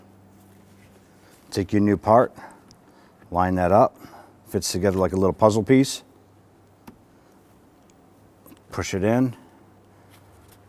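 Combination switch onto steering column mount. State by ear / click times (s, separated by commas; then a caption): not seated / none. A new combination switch for a 2005–2021 Nissan Frontier is lined up with its mount on the steering column, fitting together like a puzzle piece, before being pushed in. Someone talks while small handling ticks sound around 2.7, 3.2, 6.9, 7.9 and 8.6 seconds. Nothing has seated or clicked yet.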